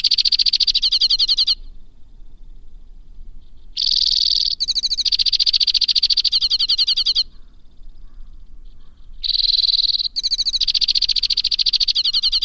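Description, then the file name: White-winged crossbill delivering long runs of rapid, high rattling trills that vary in speed. The runs are broken by two quiet pauses of a couple of seconds. "suara kicauan burung white winged crossbill. omkicau"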